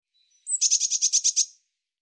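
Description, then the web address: Bird song: a thin high note, then a quick trill of about eight bright, buzzy notes at very high pitch, with a silent background. "Deverinetal"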